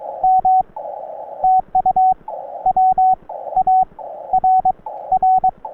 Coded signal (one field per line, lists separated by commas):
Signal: Morse code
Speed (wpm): 22 wpm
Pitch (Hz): 750 Hz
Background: radio noise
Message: M TU WARR